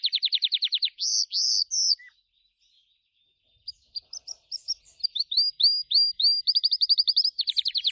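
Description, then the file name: Gloster canary song with fast trills and high rolls, a brief near-silent gap, then a series of notes building into a rapid trill. "canto do canario gloster"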